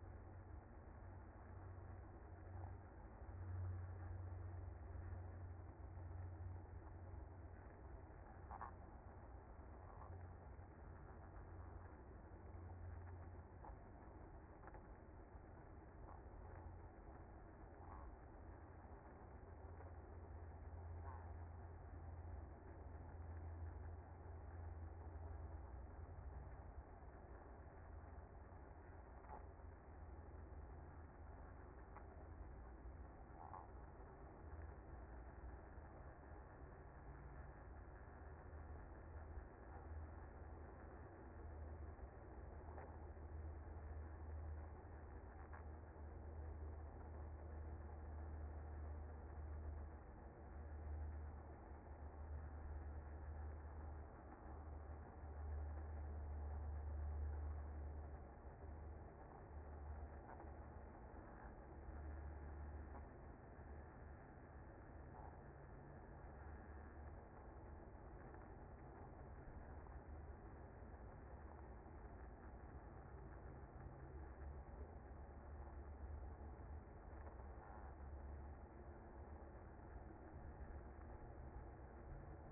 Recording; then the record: honeybee colony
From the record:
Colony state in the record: active